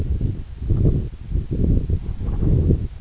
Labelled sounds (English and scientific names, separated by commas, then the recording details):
none
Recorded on Arctic tundra, site EABA-1, on 26 June 2018
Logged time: 08:00